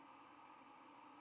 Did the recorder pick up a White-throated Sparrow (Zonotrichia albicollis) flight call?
no